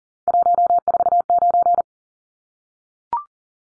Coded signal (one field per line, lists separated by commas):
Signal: Morse code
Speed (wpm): 40 wpm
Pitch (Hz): 700 Hz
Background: none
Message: 149